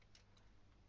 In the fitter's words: So you almost want to pull it over until it locks into place.